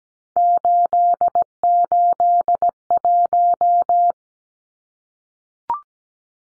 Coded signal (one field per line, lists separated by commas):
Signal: Morse code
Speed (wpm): 17 wpm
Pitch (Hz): 700 Hz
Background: none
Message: 881